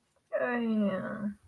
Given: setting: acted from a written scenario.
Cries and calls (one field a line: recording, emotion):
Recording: vocal sound without words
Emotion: guilt